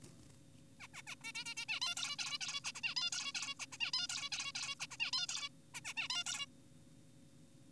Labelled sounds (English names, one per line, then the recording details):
Zebra Finch
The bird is an adult
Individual g4p5U